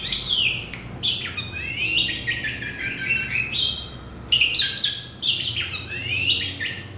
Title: Kicau Kacer